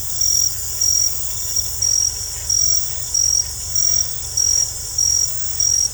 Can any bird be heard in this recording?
no